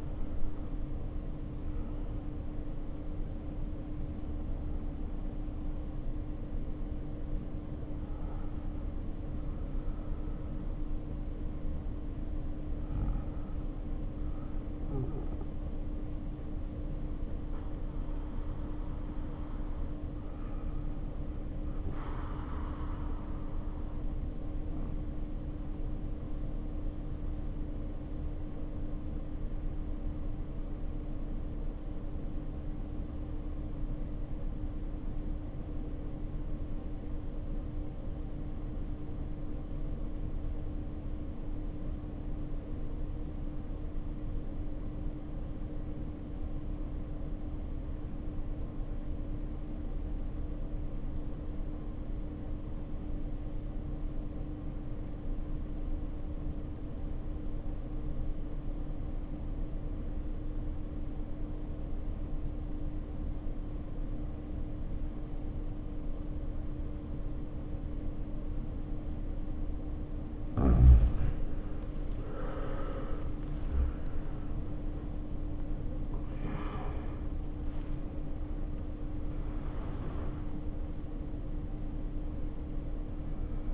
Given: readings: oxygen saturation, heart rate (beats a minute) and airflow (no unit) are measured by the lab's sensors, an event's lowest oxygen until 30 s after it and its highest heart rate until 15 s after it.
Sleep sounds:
breathing in sleep by a smartphone at the bedside; 1
32.00-70.70 s: obstructive apnea (N1, oxygen 96% highest, then 68% lowest, heart rate 53 at the start, 81 highest)
From the record:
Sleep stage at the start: N1 (lightest sleep); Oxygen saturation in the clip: 65 to 96%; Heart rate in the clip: 50 to 91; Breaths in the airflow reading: 13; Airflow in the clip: -1.4 to 1.9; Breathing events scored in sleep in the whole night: 520 in 7.2 hours asleep

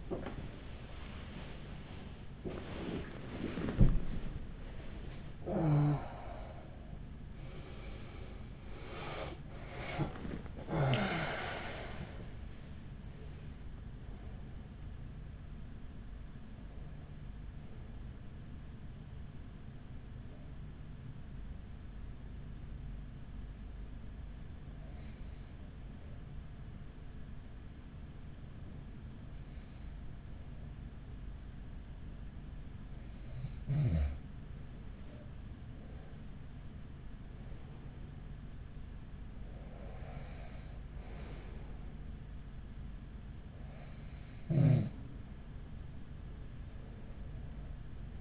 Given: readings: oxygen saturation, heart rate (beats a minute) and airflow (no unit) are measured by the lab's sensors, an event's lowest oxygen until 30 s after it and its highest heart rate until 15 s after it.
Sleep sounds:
a person awake in a sleep study, by a smartphone at the bedside; 1
0.00-36.00 s: awake
23.00-37.20 s: hypopnea (scored as awake, oxygen 97% highest, then 93% lowest, heart rate 56 at the start, 56 highest)
25.00-48.21 s: new sleep stage, N1 (lightest sleep)
From the record:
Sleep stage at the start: awake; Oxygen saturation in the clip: 94 to 97%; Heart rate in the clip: 40 to 79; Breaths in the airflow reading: 9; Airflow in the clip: -13.8 to 17.3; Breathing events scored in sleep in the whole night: 207 in 7.6 hours asleep

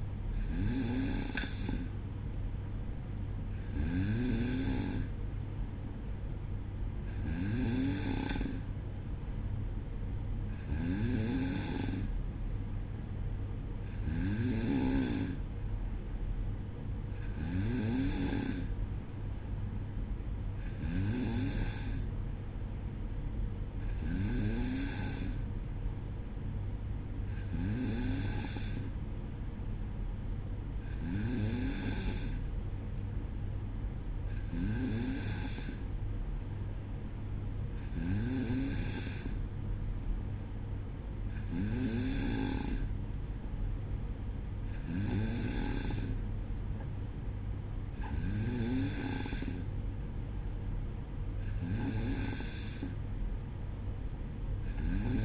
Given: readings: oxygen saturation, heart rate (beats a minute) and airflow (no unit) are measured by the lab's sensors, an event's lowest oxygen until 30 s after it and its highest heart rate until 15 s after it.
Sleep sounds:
breathing in sleep by a smartphone at the bedside; none
none scored
From the record:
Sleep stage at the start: N2 (light sleep); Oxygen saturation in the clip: 93 to 94%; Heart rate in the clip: 60 to 62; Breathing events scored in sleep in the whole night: 305 in 9.6 hours asleep

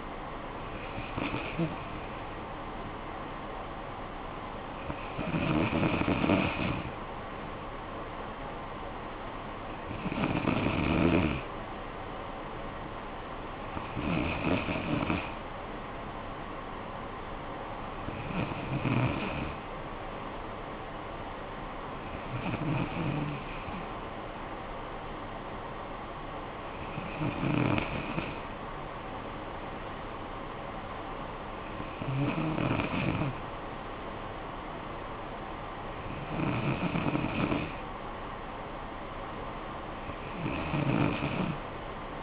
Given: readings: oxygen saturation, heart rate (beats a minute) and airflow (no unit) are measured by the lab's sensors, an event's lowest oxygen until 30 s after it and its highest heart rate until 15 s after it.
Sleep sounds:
breathing in sleep by a voice recorder at the bedside; none
none scored
From the record:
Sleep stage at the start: N2 (light sleep); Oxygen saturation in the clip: 94%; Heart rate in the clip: 55 to 63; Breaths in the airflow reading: 10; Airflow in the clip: -9.2 to 6.4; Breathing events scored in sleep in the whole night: 445 in 7.6 hours asleep

